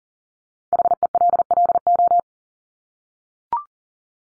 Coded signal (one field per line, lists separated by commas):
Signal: Morse code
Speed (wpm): 40 wpm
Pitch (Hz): 700 Hz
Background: none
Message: HELLO